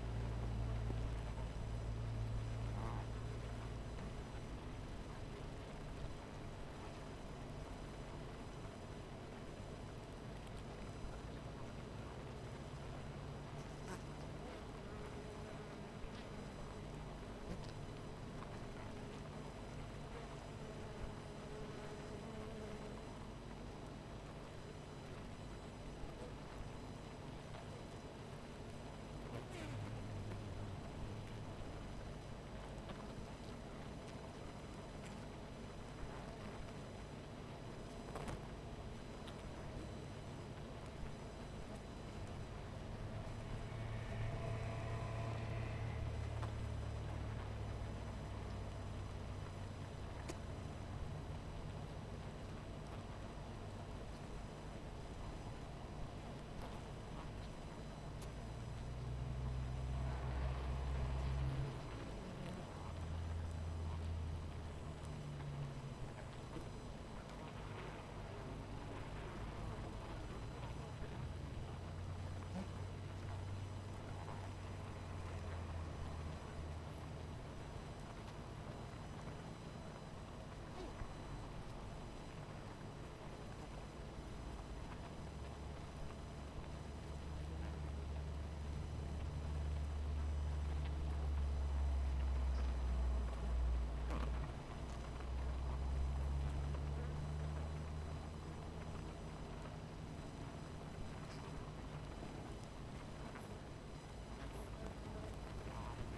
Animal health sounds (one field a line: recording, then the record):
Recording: honeybee colony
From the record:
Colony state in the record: missing queen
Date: 14 July 2017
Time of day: 18:24